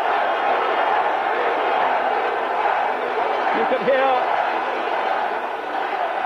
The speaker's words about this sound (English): I'm being absolutely deafened by the Italian throng away to my right with firecrackers and flags.